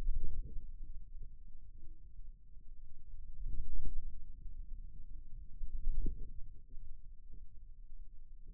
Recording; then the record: forearm muscle sounds (acoustic myography)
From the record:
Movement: wrist flexion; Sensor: system 2, bracelet of six BSWA MPA416 microphones around the upper forearm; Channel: 1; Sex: male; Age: 22 years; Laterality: right